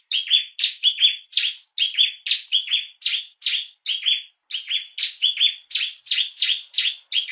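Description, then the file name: Bar-winged prinia chirping loudly and repeatedly, sharp clipped notes coming in a fast, even rhythm. Lure call, used to attract birds. "suara pikat burung ciblek"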